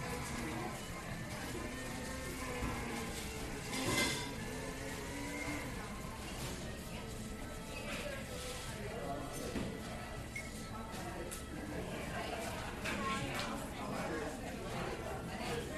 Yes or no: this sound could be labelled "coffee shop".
yes